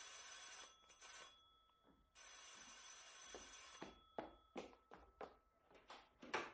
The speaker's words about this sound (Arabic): وفي يوم من الأيام دق جرس الباب.